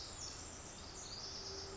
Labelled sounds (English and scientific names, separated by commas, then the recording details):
Pacific Wren (Troglodytes pacificus)
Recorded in Sonoma County, California